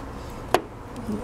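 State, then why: Partly seated. A soft top trim piece is pressed into its retainer on the body of a 1991 Mazda Miata. A single sharp click at 0.5 s stands out against steady low background noise. Only part of the piece snaps in, since seating it fully would take both hands.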